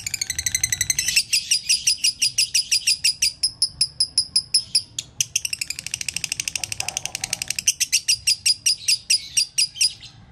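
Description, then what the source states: Lovebird song of dense, rapid high chirps and rattling trills, nearly continuous with a brief lull midway. Konslet song style, used as a masteran training recording.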